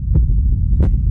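Two deep, muffled thumps about 0.7 seconds apart over a low hum: a heartbeat pounding in the ears.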